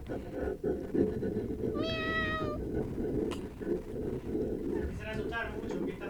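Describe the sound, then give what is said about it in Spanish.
A person mimics a cat with a drawn-out, high-pitched meow that bends in pitch, then gives a shorter, fainter meow a few seconds later, over a steady murmur of background noise. “Seguro fue el gato, seguro fue el gato.”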